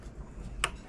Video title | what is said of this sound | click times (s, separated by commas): PIG TAIL'S 🐷 | got make sure it clicks in good | 0.6 s